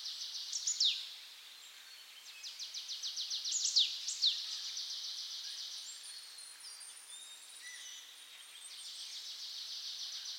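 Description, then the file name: Marsh tit calls: quick high note strings broken by sharp, sweeping notes, then softer high chatter and another even run of rapid notes. "Poecile palustris"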